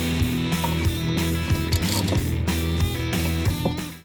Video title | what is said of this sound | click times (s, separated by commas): This Clutch Upgrade Might Save My Sportster 1275 Build | Oh, that's not good. That's stripped out. | 1.7 s